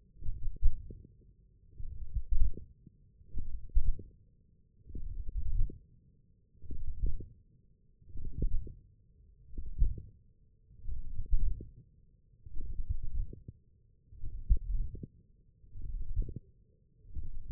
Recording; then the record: forearm muscle sounds (acoustic myography)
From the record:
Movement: wrist extension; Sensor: system 1, eight BSWA MPA416 microphones around the upper forearm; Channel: 4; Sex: male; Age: 20 years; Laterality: left